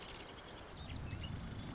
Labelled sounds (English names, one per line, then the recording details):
Marsh Wren
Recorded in Sonoma County, California